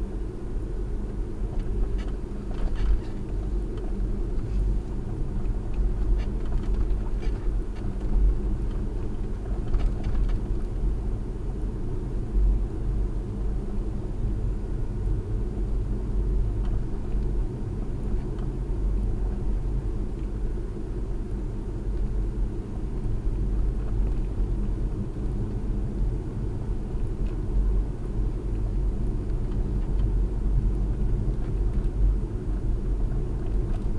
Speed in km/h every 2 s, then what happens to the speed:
37, 39, 37, 39, 37, 37, 39, 39, 37, 37, 37, 37, 39, 39, 37, 37, 37.
0-34 steady at about 37.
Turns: none.